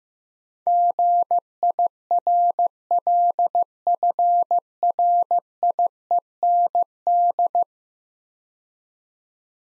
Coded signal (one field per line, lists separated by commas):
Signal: Morse code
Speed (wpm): 15 wpm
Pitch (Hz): 700 Hz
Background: none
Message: GIRLFRIEND